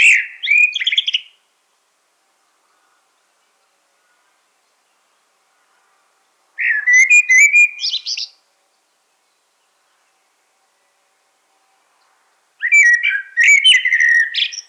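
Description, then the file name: Common blackbird song: three warbled phrases spaced about six seconds apart, mixing fluty whistles with high, scratchy twittering; no other sounds. "Turdus merula"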